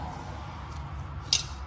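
On a 2014–2018 Mitsubishi Mirage (Mirage G4), a brake hardware part is slid onto the rear drum brake assembly and pushed home over a steady low background hum. A single sharp, loud metallic click at 1.3 s marks the part seating; it is confirmed in place.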